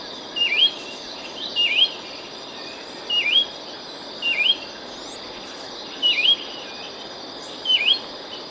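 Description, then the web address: Yellow-cheeked Becard call, a clear V-shaped whistle that dips then rises, repeated about every one and a half seconds over a constant insect hum. Ecuador. "S America Birds of Ecuador. Yellow-cheeked Becard"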